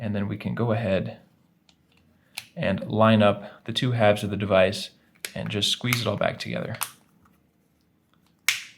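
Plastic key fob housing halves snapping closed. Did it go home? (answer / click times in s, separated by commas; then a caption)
yes / 8.5 s. Someone talks while the two plastic halves of a 2008–2013 Cadillac CTS key fob housing, opened for a battery replacement, are lined up and squeezed back together by hand. A loud, sharp snap is heard at 8.5 s as the housing clips close, and the halves are seated.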